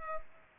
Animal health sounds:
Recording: mosquito wingbeat signal from an infrared sensor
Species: Culex pipiens

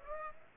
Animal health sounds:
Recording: mosquito wingbeat signal from an infrared sensor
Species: Aedes aegypti

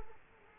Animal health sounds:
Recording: mosquito wingbeat signal from an infrared sensor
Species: Culex quinquefasciatus

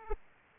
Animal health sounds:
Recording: mosquito wingbeat signal from an infrared sensor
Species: Aedes aegypti

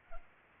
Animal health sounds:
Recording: mosquito wingbeat signal from an infrared sensor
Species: Culex pipiens

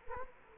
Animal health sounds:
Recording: mosquito wingbeat signal from an infrared sensor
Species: Culex quinquefasciatus

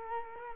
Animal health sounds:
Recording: mosquito wingbeat signal from an infrared sensor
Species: Culex quinquefasciatus

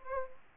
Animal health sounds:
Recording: mosquito wingbeat signal from an infrared sensor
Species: Anopheles gambiae

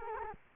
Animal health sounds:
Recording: mosquito wingbeat signal from an infrared sensor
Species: Culex quinquefasciatus

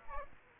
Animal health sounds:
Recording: mosquito wingbeat signal from an infrared sensor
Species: Aedes aegypti

